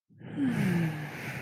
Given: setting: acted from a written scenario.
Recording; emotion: vocal sound without words; serenity